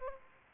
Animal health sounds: mosquito wingbeat signal from an infrared sensor; Aedes aegypti

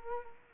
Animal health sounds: mosquito wingbeat signal from an infrared sensor; Culex quinquefasciatus

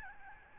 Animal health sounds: mosquito wingbeat signal from an infrared sensor; Aedes albopictus

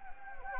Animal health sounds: mosquito wingbeat signal from an infrared sensor; Anopheles gambiae

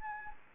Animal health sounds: mosquito wingbeat signal from an infrared sensor; Anopheles gambiae

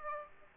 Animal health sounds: mosquito wingbeat signal from an infrared sensor; Aedes aegypti

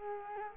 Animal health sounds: mosquito wingbeat signal from an infrared sensor; Culex quinquefasciatus

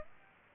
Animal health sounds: mosquito wingbeat signal from an infrared sensor; Aedes aegypti

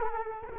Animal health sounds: mosquito wingbeat signal from an infrared sensor; Culex quinquefasciatus

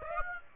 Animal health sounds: mosquito wingbeat signal from an infrared sensor; Aedes aegypti

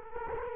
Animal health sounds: mosquito wingbeat signal from an infrared sensor; Culex quinquefasciatus

